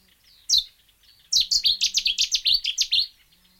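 Warbler song: a single sharp high note, then a rapid run of many bright, falling high notes lasting under two seconds.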